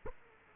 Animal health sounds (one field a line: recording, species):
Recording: mosquito wingbeat signal from an infrared sensor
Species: Aedes aegypti